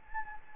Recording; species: mosquito wingbeat signal from an infrared sensor; Anopheles gambiae